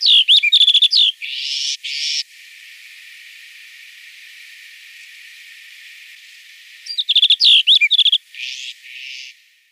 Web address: Schulze Peter Snow Bunting song